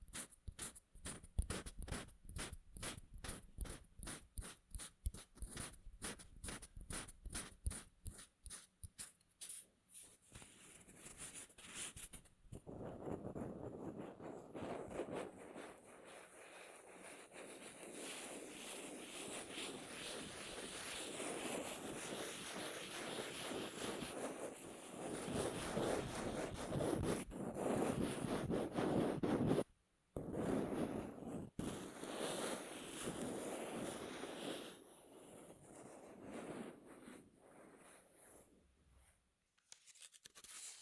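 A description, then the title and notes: Rubbing and crinkling sounds, starting with a quick run of regular scraping strokes for the first ten seconds or so. After that the rubbing becomes a denser, rougher rustle that swells and fades, with a sudden cut near thirty seconds and a quieter, patchier close. Rubbing and Crinkles (NO TALKING).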